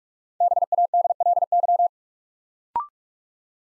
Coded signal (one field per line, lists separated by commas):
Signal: Morse code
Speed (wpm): 44 wpm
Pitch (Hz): 700 Hz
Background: none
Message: BADLY